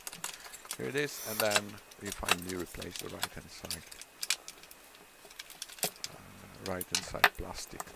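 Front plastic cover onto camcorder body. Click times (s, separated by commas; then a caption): 0.2 s. A front plastic cover is pressed onto the body of a Sony Hi8 CCD-TR705E camcorder, under repair with its leaked capacitors replaced, and its plastic catches engage with a sharp snap at 0.2 s, seating the cover. Someone then talks, with a few more light handling clicks and rattles around 4.2 to 6.0 s.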